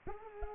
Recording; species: mosquito wingbeat signal from an infrared sensor; Culex pipiens